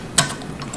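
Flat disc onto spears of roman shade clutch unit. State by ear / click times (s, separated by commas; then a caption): seated / 0.2 s. A flat plastic disc on a fiberglass rod is pushed onto the four metal spears of a roman shade bead chain clutch unit. It snaps sharply into place at 0.2 s, with each spear seating in its groove for a tight union, and two fainter clicks follow at 0.6 s and 0.7 s. No one talks.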